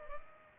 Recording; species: mosquito wingbeat signal from an infrared sensor; Culex pipiens